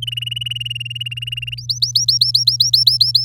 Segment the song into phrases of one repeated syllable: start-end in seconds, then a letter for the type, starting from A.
0.02-1.54 A, 1.57-3.25 B